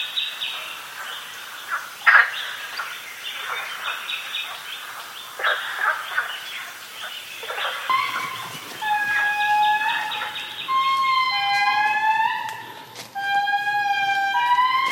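A forest soundscape with a busy, chattering layer of calls and clicks through the first half, with sharper bursts near two and five seconds. From about eight seconds, clear whistled bird notes take over, sliding and repeating in bright, evenly spaced phrases above a steady hiss.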